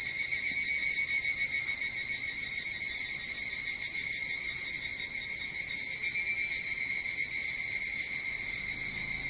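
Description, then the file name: Evening cicadas produce a steady, shrill, layered buzzing with a fine rapid throb, slightly louder at the very start, nothing else distinct. Recorded 22 July 2023 at 04:40. "higurashi 230722 0440"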